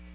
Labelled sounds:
American Redstart (Setophaga ruticilla) flight call

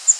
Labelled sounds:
Cape May Warbler (Setophaga tigrina) flight call

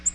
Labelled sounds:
Nashville Warbler (Leiothlypis ruficapilla) flight call

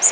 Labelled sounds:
Blue-winged Warbler (Vermivora cyanoptera) flight call

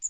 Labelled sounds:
Magnolia Warbler (Setophaga magnolia) flight call

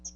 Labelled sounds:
Hooded Warbler (Setophaga citrina) flight call

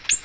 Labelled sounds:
Ovenbird (Seiurus aurocapilla) flight call

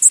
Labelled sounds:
Black-and-white Warbler (Mniotilta varia) flight call

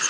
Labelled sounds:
Yellow Warbler (Setophaga petechia) flight call

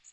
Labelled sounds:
Magnolia Warbler (Setophaga magnolia) flight call

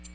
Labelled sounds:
American Redstart (Setophaga ruticilla) flight call

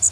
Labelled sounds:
Blackburnian Warbler (Setophaga fusca) flight call

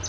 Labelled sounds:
Palm Warbler (Setophaga palmarum) flight call

